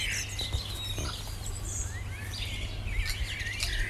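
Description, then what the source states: Several birds singing at once, bright chirps and thin whistled slurs crowding the short stretch, with low steady noise beneath. Recorded in the morning.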